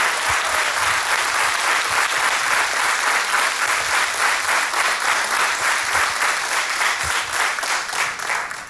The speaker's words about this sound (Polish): …. Powtórzę, …, wielkie brawa.